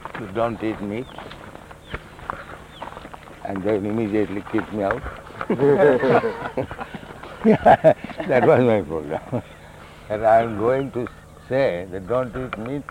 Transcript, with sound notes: to don't eat meat, and they'll immediately kick me out. [laughter] [laughs] That was my program. And I was going to say that "Don't eat meat.